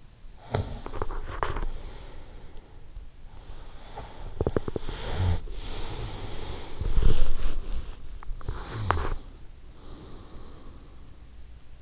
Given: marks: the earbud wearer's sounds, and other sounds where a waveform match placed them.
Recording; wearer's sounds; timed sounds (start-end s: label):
sounds in sleep by an in-ear microphone; teeth grinding, snoring breath, body movement
0.06-1.78 s: teeth grinding
0.28-2.94 s: snoring breath
3.90-8.07 s: snoring breath
3.99-5.32 s: teeth grinding
4.78-11.36 s: body movement
8.40-11.82 s: snoring breath